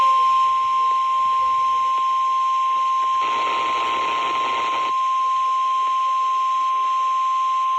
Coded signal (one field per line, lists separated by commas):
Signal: Emergency Alert System (SAME) tones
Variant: 1050 Hz attention tone